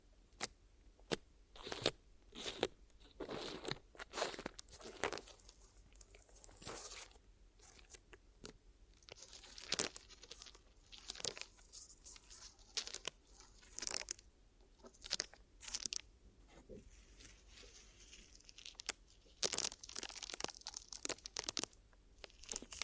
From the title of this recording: Glue Ear Massage and Cleaning